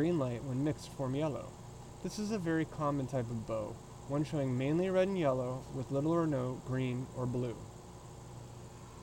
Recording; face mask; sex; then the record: reading aloud; surgical mask; male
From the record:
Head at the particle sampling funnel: tilted up or above it, chin in front of it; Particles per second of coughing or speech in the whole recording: 0.19